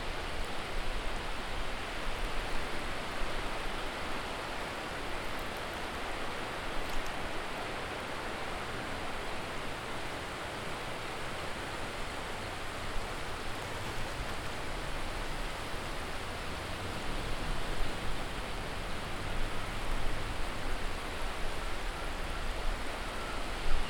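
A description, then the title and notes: A steady, dense wash of sound recorded on a beach, the kind of constant rush that rolling surf and wind make, full from low rumble up to a bright hiss. Level stays even throughout, with slight swells and no distinct separate events. A relaxing hour of sounds reecorded on Brighton Beach UK.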